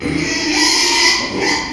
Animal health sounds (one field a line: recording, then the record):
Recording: squeal of a Yucatan mini pig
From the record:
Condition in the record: after surgery on the right vocal fold (resection and tissue-engineered implant)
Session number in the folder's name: 2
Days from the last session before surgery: 13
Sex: male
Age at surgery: 12 weeks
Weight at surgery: 13 kg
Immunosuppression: cyclosporine, prednisolone